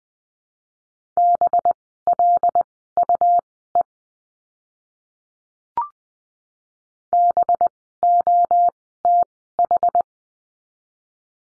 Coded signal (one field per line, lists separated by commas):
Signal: Morse code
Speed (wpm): 20 wpm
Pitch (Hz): 700 Hz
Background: none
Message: BLUE BOTH